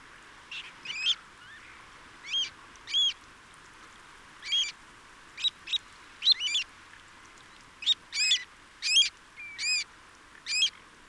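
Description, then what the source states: Dunlin calls, brief rasping nasal notes, some arched in pitch, spaced irregularly and clustering near the end, over faint steady background hiss. Nominate subspecies alpina.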